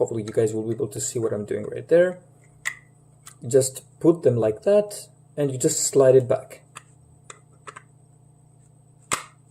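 Someone talks while the plastic support pieces of a 1:200 display stand for a Skymarks Boeing 747-400 United Airlines (post-CO merger) model aircraft are handled and slid back into the stand base. Brief faint taps and handling clicks sound between the speech. Nothing has seated or clicked into place yet.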